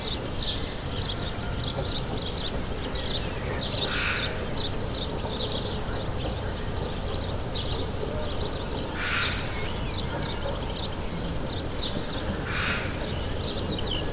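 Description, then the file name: Birds chirping in scattered short high notes, interrupted by three loud rushing noise bursts over a steady low background rumble. Recorded in the morning. "Morning Birds Ambience"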